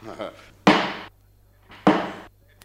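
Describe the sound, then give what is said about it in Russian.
A chairman's gavel knocks twice, about a second apart: two loud, sharp wooden strikes, each ringing briefly before fading. A short murmur of voice comes just before the first knock. “Капитаны, когда я беру в руки председательский молоток, все наши юные друзья ждут, что будет рассказана какая-нибудь таинственная морская история.”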